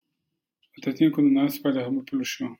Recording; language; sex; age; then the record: short text; Brazilian Portuguese; male; 40 to 49 years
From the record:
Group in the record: control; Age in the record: 48 years